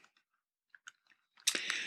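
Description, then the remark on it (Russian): A few soft, wet mouth clicks and a quiet slurp from a sip of water, followed by a louder breathy exhale at the end. No one speaks. “Ой, я тоже глоток воды сделал хоть.”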